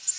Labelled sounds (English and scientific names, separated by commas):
Tennessee Warbler (Leiothlypis peregrina) flight call